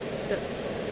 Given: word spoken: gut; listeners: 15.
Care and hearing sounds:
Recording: one English word in noise, from a listening test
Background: speech-shaped noise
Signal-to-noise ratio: -4.2 dB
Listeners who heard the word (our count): 0 of 15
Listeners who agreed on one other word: 11 of 15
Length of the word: 0.52 s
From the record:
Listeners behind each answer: 11, 1, 1, 1, 1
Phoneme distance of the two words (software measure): 30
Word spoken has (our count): 1 syllable, 3 phonemes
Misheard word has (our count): 1 syllable, 3 phonemes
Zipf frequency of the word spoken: 3.95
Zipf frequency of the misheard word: 5.21

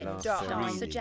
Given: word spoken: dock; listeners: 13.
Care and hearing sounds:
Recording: one English word in noise, from a listening test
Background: four-talker babble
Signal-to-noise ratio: -0.9 dB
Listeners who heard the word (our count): 2 of 13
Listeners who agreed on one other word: 6 of 13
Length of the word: 0.61 s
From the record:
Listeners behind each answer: 6, 2, 2, 2, 1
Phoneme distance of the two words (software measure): 51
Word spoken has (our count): 1 syllable, 3 phonemes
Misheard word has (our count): 2 syllables, 6 phonemes, stress on syllable 2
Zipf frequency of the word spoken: 3.95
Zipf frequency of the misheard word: 4.63

